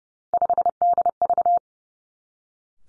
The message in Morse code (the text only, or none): 5DV